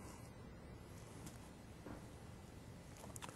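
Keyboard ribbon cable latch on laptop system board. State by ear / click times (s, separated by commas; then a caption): released / 3.2 s. A finger pulls back the black cam of the keyboard ribbon cable connector on a Dell Vostro laptop system board. Under low steady background noise, a sharp snap sounds at 3.2 s as the latch opens, releasing the keyboard ribbon cable so the keyboard comes free.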